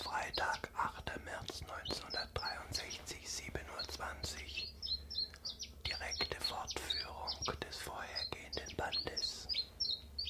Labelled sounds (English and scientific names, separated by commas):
Common Chiffchaff (Phylloscopus collybita)